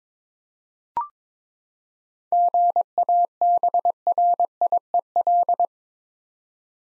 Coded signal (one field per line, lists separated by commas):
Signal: Morse code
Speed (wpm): 22 wpm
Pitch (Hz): 700 Hz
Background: none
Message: GABRIEL